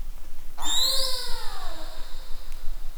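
Killer whale pulsed call: one harmonic-rich squeal rising then sliding downward over about a second and a half, over a low background rumble, with a faint click near the end.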